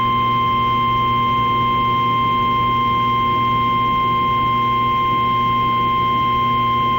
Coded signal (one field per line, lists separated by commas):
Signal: Emergency Alert System (SAME) tones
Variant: 1050 Hz attention tone